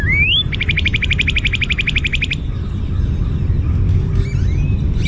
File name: NOCA song